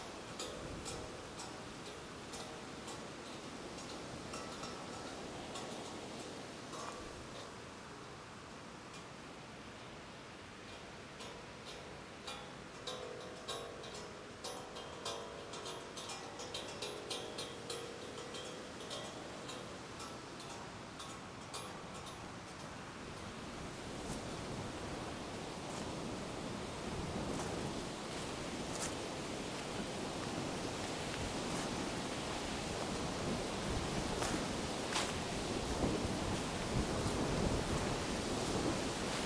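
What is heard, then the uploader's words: Strong wind rushes through shaking leaves in a dense, steady roar, with many sharp clicks and rattles scattered throughout. Some faint tones and murmurs show in the first twenty seconds. After about twenty-five seconds the gusts grow louder and rougher, with brighter crackling. An early morning walk through Wolf's Prairie Park during high winds. The sounds of the leaves shaking intensely. The aluminum flagpole next to the Jesuit Mission marker.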